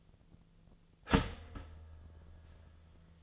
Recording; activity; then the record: daily activity, microphone in the room; start toaster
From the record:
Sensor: 4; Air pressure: 1010.1 hPa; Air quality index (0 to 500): 181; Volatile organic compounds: 5 ppm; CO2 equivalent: 1826 ppm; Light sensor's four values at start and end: 23/70/27/27 and 24/70/28/27